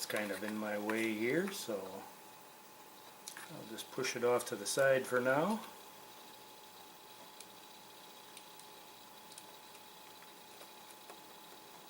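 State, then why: Not seated. Someone talks while pushing a wire aside on the other side of a Phantom 4 Pro drone during an ESC replacement, getting ready to press a cable connector into its board socket. A few faint handling taps follow in a quiet stretch, but the connector has not seated or clicked yet.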